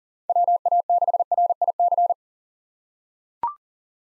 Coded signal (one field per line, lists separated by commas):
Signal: Morse code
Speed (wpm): 40 wpm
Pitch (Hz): 700 Hz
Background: none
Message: WA6RIC